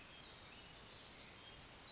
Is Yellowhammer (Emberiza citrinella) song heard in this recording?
no